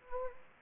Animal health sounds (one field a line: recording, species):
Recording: mosquito wingbeat signal from an infrared sensor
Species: Anopheles gambiae